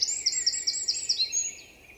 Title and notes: UN VENT DE TROGLODYTE. 27 mars 2020-Val Maravel - Un Troglodyte mignon (Troglodytes troglodytes) affirme par son chant vigoureux sa présence à tout concurrent potentiel.Chanteur de la forêt son chant nerveux est toujours impressionnant de puissance